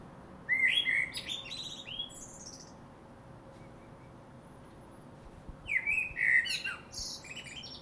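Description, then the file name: Common blackbird song: two separate phrases, each a fluted whistle near the start that breaks into a thin, high, squeaky twitter, with a quiet pause between them. "Turdus merula"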